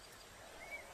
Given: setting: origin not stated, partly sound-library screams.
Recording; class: one-second piece from a danger detection set; normal situation